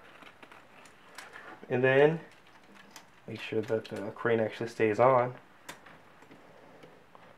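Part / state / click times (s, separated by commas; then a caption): crane part into the robot toy's body / seated / 5.7 s. A crane part is fitted onto the body of a plastic MakeToys Giant Type 61 transforming robot toy (green version), and it pops into place with a click at 5.7 s. Someone talks during the clip, and small plastic taps and ticks are heard around the speech.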